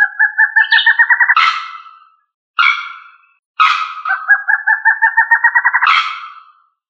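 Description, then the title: Songbird song with two long, rapid pulsed trills that climb steadily, each ending in a harsh burst, separated by a short buzzy phrase. "LuckyPassaro Completos2Sama"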